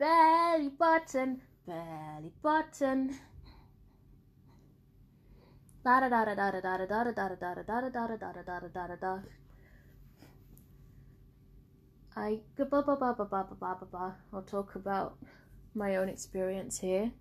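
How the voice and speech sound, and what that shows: An adult woman with Tourette syndrome, which has progressed to learned words, blurts an out-of-context 'belly button', then long rapid 'da-da' and 'ba-ba' syllable runs before resuming fluent speech. The vocal tics are unintentional and unrelated to what she is saying.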